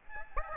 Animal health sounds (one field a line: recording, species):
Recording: mosquito wingbeat signal from an infrared sensor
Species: Aedes aegypti